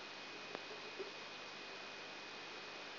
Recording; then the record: brain microelectrode recording played as sound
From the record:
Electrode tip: outside the subthalamic nucleus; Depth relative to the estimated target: -3 mm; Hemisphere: right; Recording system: AlphaMap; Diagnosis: Parkinson's disease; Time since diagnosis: 19 years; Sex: male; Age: 59 years